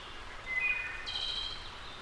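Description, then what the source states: Wood thrush: a brief phrase of soft whistled notes, then a high buzzy trill, heard over continuous background hiss. Returning wood thrush.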